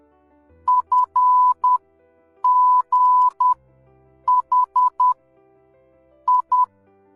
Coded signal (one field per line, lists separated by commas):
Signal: Morse code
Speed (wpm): 10 wpm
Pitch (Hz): 1000 Hz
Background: music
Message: FGHI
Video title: Morse Code (CW)